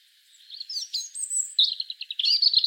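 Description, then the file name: Brief European robin song fragment: high thin whistles sliding up and down, followed by a fast rattling trill of bright notes. "Erithacus rubecula"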